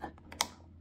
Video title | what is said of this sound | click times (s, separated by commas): GeekTale Smart Deadbolt: Set-up, Demo, and Installation - Morgan Madness | it's fully connected in there. | 0.4 s